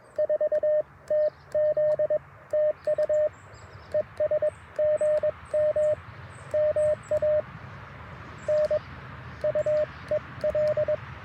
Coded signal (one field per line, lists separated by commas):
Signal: Morse code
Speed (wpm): 22 wpm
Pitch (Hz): 590 Hz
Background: radio noise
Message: 4TZ TU ES GM MANUEL